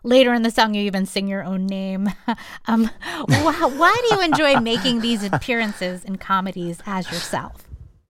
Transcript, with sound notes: Later in the song, you even sing your own name (laughter). Why do you enjoy making these appearances in comedies as yourself?